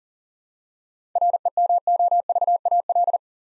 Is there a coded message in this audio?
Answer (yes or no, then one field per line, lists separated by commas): yes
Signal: Morse code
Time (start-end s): 1.2-3.2 s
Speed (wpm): 40 wpm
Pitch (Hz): 700 Hz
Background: none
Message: REMOVAL